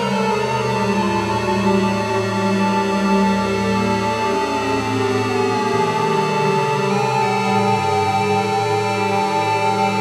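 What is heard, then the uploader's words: A polyphonic analog synthesizer calibrates through an effects unit, holding a dense, steady stack of sustained tones. Low notes shift and step in pitch around the middle, while bright, buzzy upper layers drone on at an even, loud level throughout. It's the sound of my 8 voice Moog Poly Phatty calibrating through a Dreadbox Hypnosis. Recorded in Audacity.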